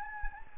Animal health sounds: mosquito wingbeat signal from an infrared sensor; Anopheles gambiae

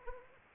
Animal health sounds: mosquito wingbeat signal from an infrared sensor; Anopheles arabiensis

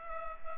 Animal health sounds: mosquito wingbeat signal from an infrared sensor; Culex pipiens

